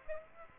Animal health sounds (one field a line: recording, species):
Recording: mosquito wingbeat signal from an infrared sensor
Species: Aedes aegypti